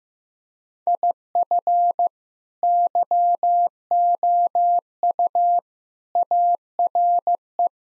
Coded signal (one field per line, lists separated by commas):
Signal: Morse code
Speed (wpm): 15 wpm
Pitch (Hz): 700 Hz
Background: none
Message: IF YOU ARE